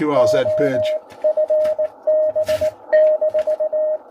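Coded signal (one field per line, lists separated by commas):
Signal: Morse code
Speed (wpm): 19 wpm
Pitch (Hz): 620 Hz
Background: speech, radio noise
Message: O FB -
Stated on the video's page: 60 metre CW received on a Tecsun S2200-x receiver with an end-fed antenna or internal loop.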